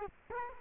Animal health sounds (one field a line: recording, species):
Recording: mosquito wingbeat signal from an infrared sensor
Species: Culex quinquefasciatus